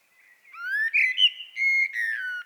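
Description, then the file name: Common blackbird, a smooth rising fluted whistle swelling into a warbled phrase and a level sustained note that falls away. "Turdus merula"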